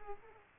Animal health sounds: mosquito wingbeat signal from an infrared sensor; Culex pipiens

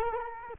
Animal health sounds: mosquito wingbeat signal from an infrared sensor; Culex quinquefasciatus

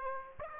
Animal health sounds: mosquito wingbeat signal from an infrared sensor; Aedes aegypti

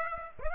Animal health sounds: mosquito wingbeat signal from an infrared sensor; Aedes aegypti

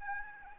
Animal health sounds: mosquito wingbeat signal from an infrared sensor; Aedes albopictus

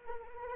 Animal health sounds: mosquito wingbeat signal from an infrared sensor; Anopheles arabiensis

